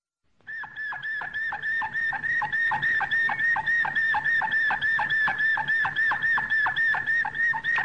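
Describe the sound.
Canary song: a rapid, even series of clear whistled notes, each with a quick downward flick.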